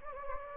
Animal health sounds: mosquito wingbeat signal from an infrared sensor; Anopheles gambiae

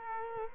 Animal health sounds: mosquito wingbeat signal from an infrared sensor; Culex quinquefasciatus

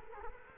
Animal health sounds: mosquito wingbeat signal from an infrared sensor; Culex quinquefasciatus

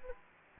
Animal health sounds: mosquito wingbeat signal from an infrared sensor; Anopheles gambiae

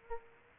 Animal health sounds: mosquito wingbeat signal from an infrared sensor; Aedes aegypti

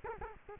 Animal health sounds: mosquito wingbeat signal from an infrared sensor; Culex quinquefasciatus

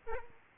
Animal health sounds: mosquito wingbeat signal from an infrared sensor; Aedes aegypti

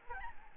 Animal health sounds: mosquito wingbeat signal from an infrared sensor; Aedes albopictus

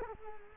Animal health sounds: mosquito wingbeat signal from an infrared sensor; Culex quinquefasciatus

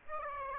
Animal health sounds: mosquito wingbeat signal from an infrared sensor; Aedes aegypti

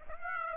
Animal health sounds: mosquito wingbeat signal from an infrared sensor; Aedes aegypti

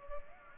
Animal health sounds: mosquito wingbeat signal from an infrared sensor; Culex pipiens

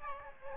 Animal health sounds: mosquito wingbeat signal from an infrared sensor; Aedes aegypti

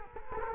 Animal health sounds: mosquito wingbeat signal from an infrared sensor; Culex quinquefasciatus

